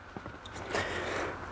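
An aftermarket cap cover is slid onto the heat exchanger reservoir cap in a Toyota Supra engine bay, with two short faint taps near 0.2 and 0.3 s. Louder broadband scraping and rustling of handling builds from about 0.7 s to the end. Nothing has seated or clicked yet.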